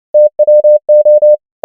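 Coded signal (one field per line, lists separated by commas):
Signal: Morse code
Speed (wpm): 28 wpm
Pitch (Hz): 600 Hz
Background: none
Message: TWO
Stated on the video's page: Morse practice of common English words at 29 wpm.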